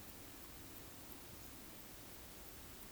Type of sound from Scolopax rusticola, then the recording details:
whistle. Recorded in Baden-Württemberg, Germany, on 13 June 2021 at 20:19 UTC. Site 23718, 552 m above sea level